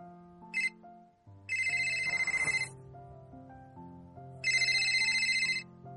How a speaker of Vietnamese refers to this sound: Chiếc di động trên bàn trà bỗng vang, là nhạc chuông Mặc Định. Di động hai người đều dùng chuông Mặc Định.